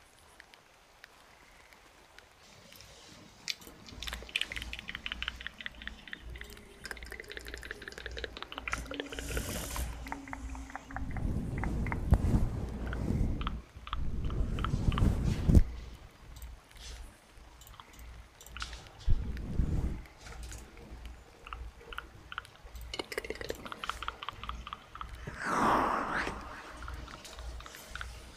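Busy clicking and tapping with rustles, low breathy swells around 10–16 and 19 seconds, and a tonal hoot near 25 seconds.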